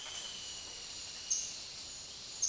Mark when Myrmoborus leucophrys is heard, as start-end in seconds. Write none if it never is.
0.00-1.66